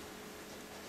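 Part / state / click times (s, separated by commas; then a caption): display flex ribbon connector onto phone logic board / not seated / none. The display/digitizer flex ribbon of a Nokia Lumia 820 is bent down and gently pressed toward its board connector on the phone's logic board during a screen replacement. Over the 0.9 seconds only steady, even broadband hiss is heard, with no sudden sounds. Nothing has seated or clicked yet.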